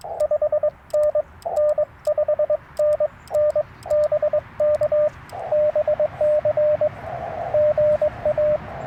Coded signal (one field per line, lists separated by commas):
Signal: Morse code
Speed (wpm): 21 wpm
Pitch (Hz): 590 Hz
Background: radio noise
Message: 5NN 5NN BK BC GA